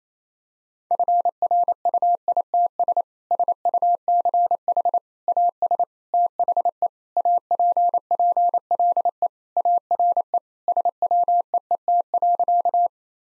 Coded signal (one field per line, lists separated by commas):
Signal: Morse code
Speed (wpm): 28 wpm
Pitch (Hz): 700 Hz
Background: none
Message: FRUITS SUCH AS THE APPLE ARE SWEET.